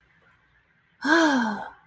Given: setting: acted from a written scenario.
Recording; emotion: vocal sound without words; disappointment